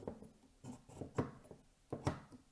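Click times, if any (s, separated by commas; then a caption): none. A RAM stick is lined up with a motherboard DIMM slot before firm pressure is applied, producing a few soft handling taps and light scrapes. Nothing has seated or clicked yet.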